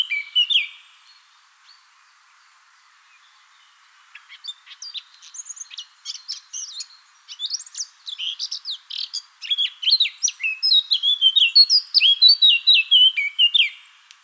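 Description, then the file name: Eurasian blackcap song, a brief whistled phrase, a pause, then a rapid jumbled warble ending in clear, descending fluty notes. "Sylvia atricapilla"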